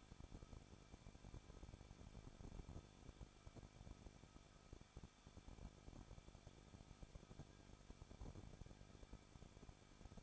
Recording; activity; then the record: daily activity, microphone in the room; no activity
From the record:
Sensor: 5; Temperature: 20.9 degrees Celsius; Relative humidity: 38.1%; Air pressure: 1006.4 hPa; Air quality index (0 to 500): 187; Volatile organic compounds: 18 ppm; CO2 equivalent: 2622 ppm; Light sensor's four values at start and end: 2/3/1/1 and 2/3/1/1